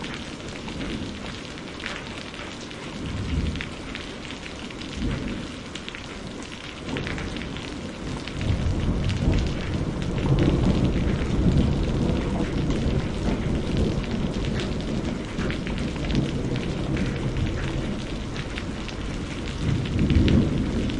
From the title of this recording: Sounds of Rain and Thunder